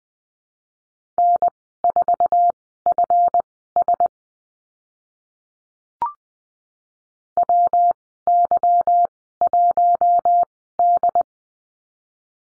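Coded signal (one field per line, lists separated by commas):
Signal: Morse code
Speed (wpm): 19 wpm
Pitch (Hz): 700 Hz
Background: none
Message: N4FS WY1D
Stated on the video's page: Morse lesson drill on the letter G with call signs, Farnsworth speed 20/10 wpm.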